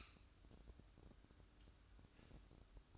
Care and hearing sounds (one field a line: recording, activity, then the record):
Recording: daily activity, microphone in the room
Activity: light on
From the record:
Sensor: 2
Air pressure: 1007.7 hPa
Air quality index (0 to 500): 75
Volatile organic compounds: 1 ppm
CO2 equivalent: 634 ppm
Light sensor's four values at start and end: 9/21/9/9 and 13/36/15/14